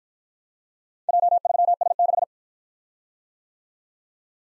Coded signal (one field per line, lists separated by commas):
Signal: Morse code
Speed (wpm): 53 wpm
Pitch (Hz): 700 Hz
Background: none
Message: J3S6